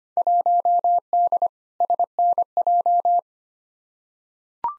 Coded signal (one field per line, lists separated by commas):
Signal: Morse code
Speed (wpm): 25 wpm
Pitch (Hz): 700 Hz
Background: none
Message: 1D SNJ